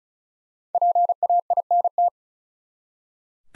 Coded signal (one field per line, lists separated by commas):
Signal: Morse code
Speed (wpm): 36 wpm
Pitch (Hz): 700 Hz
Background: none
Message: PAINT